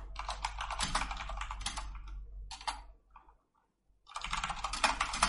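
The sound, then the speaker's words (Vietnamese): Rapid keyboard typing of a comment, a dense run of light clicking keystrokes in bursts, broken by a short pause and a moment of near silence before the clatter resumes. No one speaks. “Đây mình ghi một comment nhé.”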